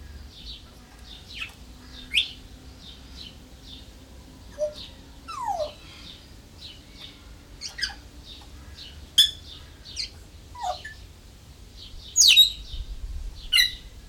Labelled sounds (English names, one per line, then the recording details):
Grey Parrot
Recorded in captivity
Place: Zoo Berlin, Berlin, DE
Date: 1996-06-01 12:32
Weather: sonnig, 22°C
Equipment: Sony MD-WM MZ-R3, Sennheiser MKH 416 T, Kopie Uher 4000 Report Monitor
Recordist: Tembrock, Günter